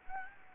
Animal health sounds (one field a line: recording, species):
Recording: mosquito wingbeat signal from an infrared sensor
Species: Anopheles gambiae